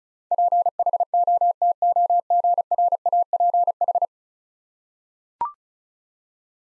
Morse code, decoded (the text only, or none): PHOTOGRAPH